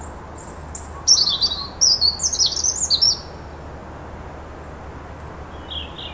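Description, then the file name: European robin delivering a quick, jumbled phrase of high sliding and trilled notes for about two seconds, then only faint high notes after a pause. "Erithacus rubecula"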